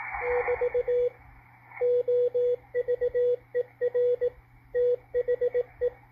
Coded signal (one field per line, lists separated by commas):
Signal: Morse code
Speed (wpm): 18 wpm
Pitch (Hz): 490 Hz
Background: radio noise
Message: <BT> OVER THE